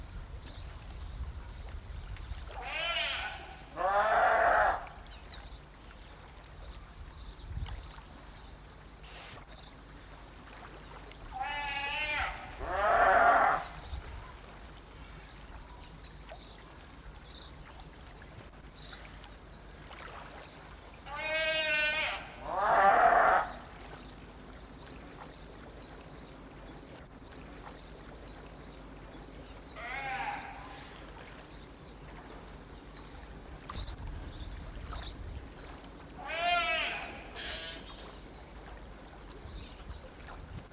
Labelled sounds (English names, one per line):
Brown Fur Seal call